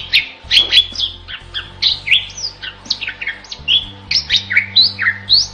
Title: Masteran Jalak Bali Yang BERSUARA UNIK Untuk Gacoran Juara